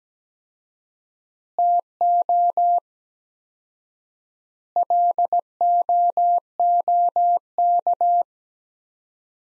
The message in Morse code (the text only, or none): TO LOOK